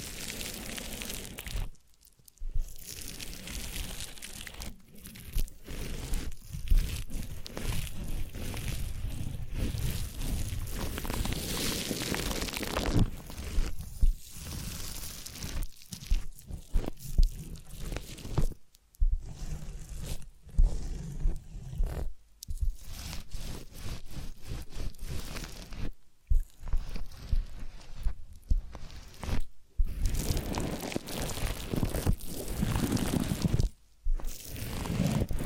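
Massage sounds: dense, continuous rubbing and scraping with crunchy, crackling texture, like hands or objects working over a surface. The friction comes in long bursts broken by short silent gaps, about every few seconds, with a low rumble underneath throughout.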